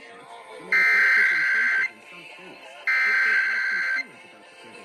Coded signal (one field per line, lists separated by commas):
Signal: Emergency Alert System (SAME) tones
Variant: header bursts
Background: speech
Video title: Washington State EOC Required Monthly Test EAS(4-10-2021)